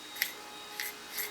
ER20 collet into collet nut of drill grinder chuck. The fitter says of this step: and you'll feel it click in place and then the other part